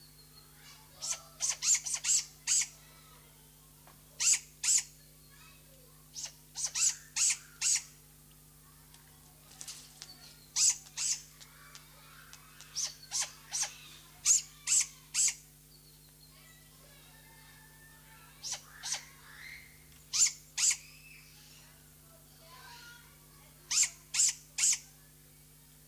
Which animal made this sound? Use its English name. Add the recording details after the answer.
Great Grey Owl. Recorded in captivity. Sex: diverse. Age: juvenile. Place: Zoo Berlin, Berlin, DE. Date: 2003-09-05 15:20. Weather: heiter, ca. 22°C. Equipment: Fair Mate ST-1328 (Asahi Electronics, Japan), Sennheiser ME 80, Kopie Uher 4000 Report Monitor. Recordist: Tembrock, Günter